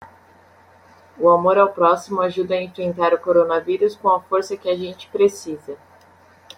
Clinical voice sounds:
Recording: spoken sentence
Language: Brazilian Portuguese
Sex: female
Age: 20 to 29 years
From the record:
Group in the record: control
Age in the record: 28 years

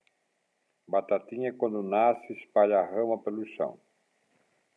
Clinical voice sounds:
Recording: short text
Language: Brazilian Portuguese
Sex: male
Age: 60 to 69 years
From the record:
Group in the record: control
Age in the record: 62 years

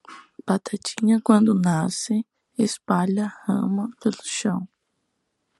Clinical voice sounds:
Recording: short text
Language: Brazilian Portuguese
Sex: female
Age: 20 to 29 years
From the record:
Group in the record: control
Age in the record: 22 years

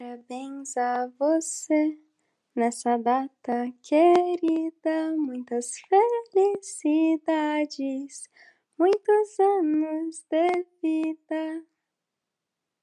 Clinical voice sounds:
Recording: short text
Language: Brazilian Portuguese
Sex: female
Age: 18 to 19 years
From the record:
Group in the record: control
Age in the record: 18 years

